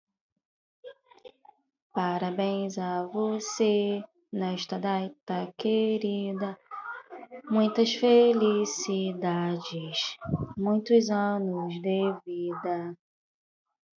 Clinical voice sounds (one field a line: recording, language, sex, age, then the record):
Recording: short text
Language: Brazilian Portuguese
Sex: female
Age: 30 to 39 years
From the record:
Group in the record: control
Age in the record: 37 years